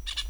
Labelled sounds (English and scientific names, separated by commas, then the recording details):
Brown-throated Parakeet (Eupsittula pertinax) contact call
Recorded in Venezuela
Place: Hato Matapalo, Bolívar
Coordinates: 7.356, -61.542